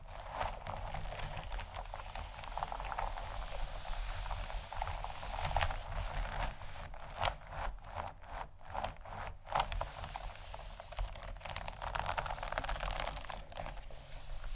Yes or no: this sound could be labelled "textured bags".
yes